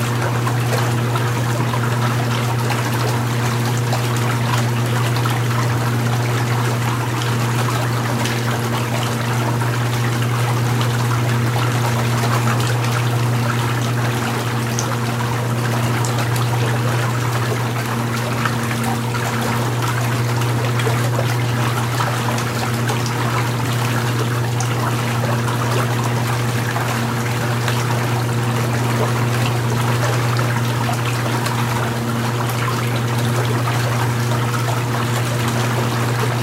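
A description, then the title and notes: Water bubbles and trickles steadily and densely, over a constant low hum that runs unchanged through the whole recording. Hot Tub: Soothing Warmth and Bubbling Water. The gentle sound of the water bubbling and the warmth of the jets.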